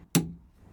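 A torque wrench tightens the steering wheel hub adapter bolt, coated with medium strength thread locker so it won't back out from vibration, into the steering column to spec. A single sharp click sounds at 0.2 s and rings briefly with a low tone before fading into quiet background. The wrench clicks at its setting, so the bolt is torqued to spec.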